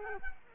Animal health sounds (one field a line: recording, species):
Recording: mosquito wingbeat signal from an infrared sensor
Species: Culex quinquefasciatus